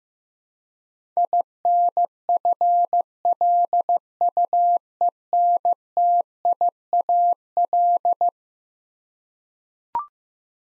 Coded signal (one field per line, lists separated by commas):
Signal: Morse code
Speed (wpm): 15 wpm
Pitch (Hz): 700 Hz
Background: none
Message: INFLUENTIAL